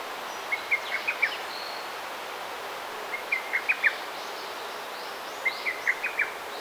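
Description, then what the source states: Bird uttering three groups of quick, bright chirps every couple of seconds against a broad hissing background. Garden birds chirping.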